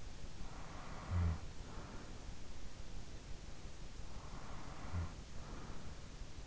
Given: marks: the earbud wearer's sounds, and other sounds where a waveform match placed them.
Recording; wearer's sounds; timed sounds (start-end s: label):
sounds in sleep by an in-ear microphone; snoring breath
0.04-2.73 s: snoring breath
3.67-6.47 s: snoring breath